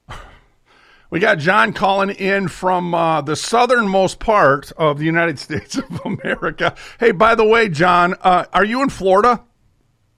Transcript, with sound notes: We got John calling in from, uh, the southernmost part of the United States (laughs) of America. Hey, by the way, John, uh, are you in Florida?